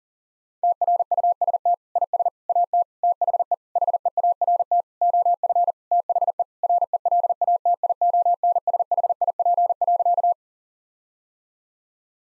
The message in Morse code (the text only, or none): TRUST IS AT THE HEART OF THE RELATIONSHIP.